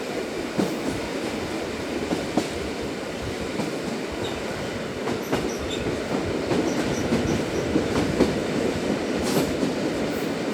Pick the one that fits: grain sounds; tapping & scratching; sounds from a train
sounds from a train